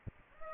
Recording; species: mosquito wingbeat signal from an infrared sensor; Aedes aegypti